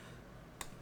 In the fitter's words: clicks into place